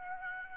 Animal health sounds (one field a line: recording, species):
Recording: mosquito wingbeat signal from an infrared sensor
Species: Aedes aegypti